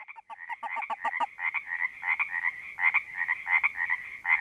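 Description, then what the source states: Frogs calling in chorus: a quick run of sharp clicking notes opens, then many overlapping pulsed croaks merge into a continuous, throbbing chorus. Frogs at a creek in Panoche Valley, California, recorded on 02-04-08 (2008).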